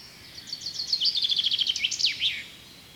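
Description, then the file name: Common chaffinch song: a rapid series of bright notes, slightly falling, ending with a flourish, over a steady background hiss. "Chaffinch"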